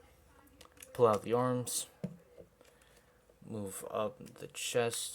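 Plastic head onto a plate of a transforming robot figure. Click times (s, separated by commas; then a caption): 0.6 s. Someone talks while the plastic head of a transforming robot figure is angled down onto a small plate. A soft click is heard at 0.6 s as the head seats onto the plate.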